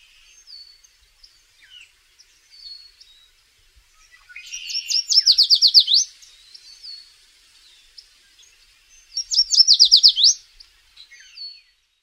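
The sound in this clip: Yellow warbler song: two bright, rapid series of high sweet notes, each phrase lasting one to two seconds, with soft chips and short notes between songs.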